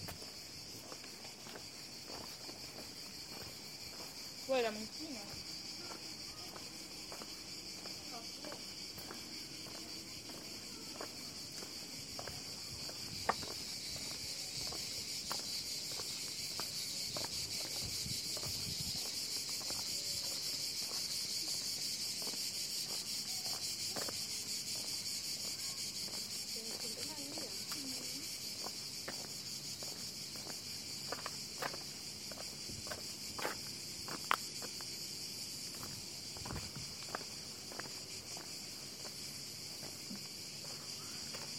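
Recorded in Taormina, Sicily: a steady, dense hiss of insects, likely crickets, runs high and unbroken throughout. Scattered sharp clicks and taps punctuate it, clustered near 5, 13, and 31–37 seconds, with faint voices murmuring low underneath.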